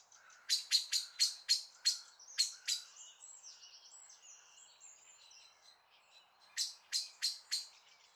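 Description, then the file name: Common blackbird giving a run of hard, metallic chinks, then a quieter stretch of soft twittering before another burst of four sharp notes. "Turdus merula"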